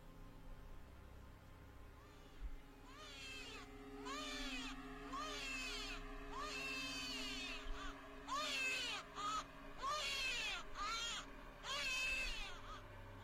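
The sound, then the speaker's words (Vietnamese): A baby wails from inside a box as a paper talisman stuck on its lid burns, in repeated rising-and-falling cries, high and strained, sounding muffled and eerie as the bursts come in quick succession over a low, steady background hum. “Cùng với ngọn lửa bập bùng, tựa như có tiếng đứa trẻ con khóc ré lên, mơ mơ hồ hồ vang lên từ trong chiếc hộp.”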